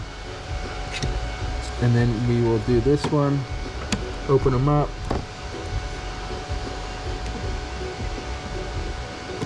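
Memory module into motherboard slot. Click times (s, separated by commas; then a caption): 1.0 s. A memory module is pressed down into its motherboard slot until the plastic retention clips snap shut, with a short, sharp click at 1.0 s. Someone talks over a steady fan-like hum, and another brief sharp tick comes at 5.1 s. The module ends up seated.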